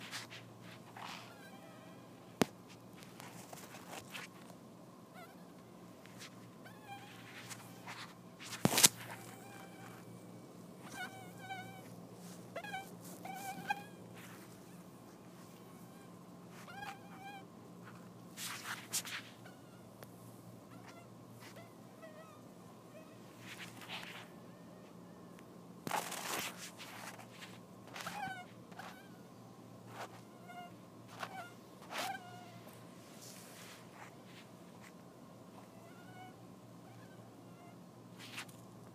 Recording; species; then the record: mosquito flight sound by mobile phone; Anopheles dirus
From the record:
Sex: male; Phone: iPhone 4S